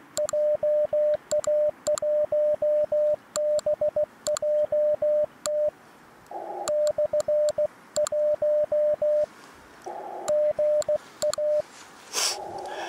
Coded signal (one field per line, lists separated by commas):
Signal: Morse code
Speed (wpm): 16 wpm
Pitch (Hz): 600 Hz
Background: none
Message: JA1BJT /1 GA